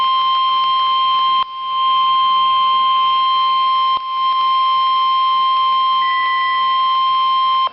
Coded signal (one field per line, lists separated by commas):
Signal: Emergency Alert System (SAME) tones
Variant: 1050 Hz attention tone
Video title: Severe Thunderstorm Warning (EAS #355)